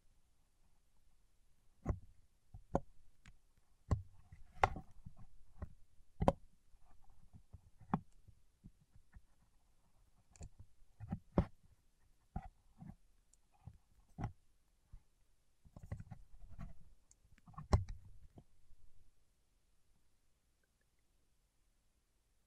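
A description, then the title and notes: Wax-coated fingertips make sharp, sticky taps and clicks in irregular bursts, densest from about 2 to 8 seconds, again around 10 to 14, and near 16 to 18. Soft low thuds sit under the taps, and the last few seconds fall nearly silent. ASMR with Wax Fingertips for Sleep (No Talking).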